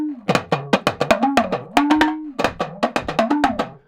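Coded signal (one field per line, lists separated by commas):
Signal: talking drum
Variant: Senegalese talking drum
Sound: quick run of about twenty taut drum strokes with pitch bending up and down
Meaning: Calls out the name T'Challa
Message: T'Challa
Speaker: Anytime T'Challa be going to come in like 1 second, the talking drum say, "T'Challa!" like a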